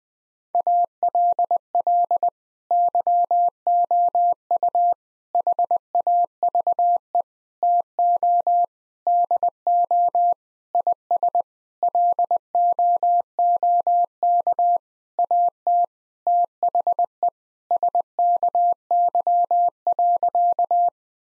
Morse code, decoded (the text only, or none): ALL YOU HAVE TO DO IS LOOK AT THE SKY.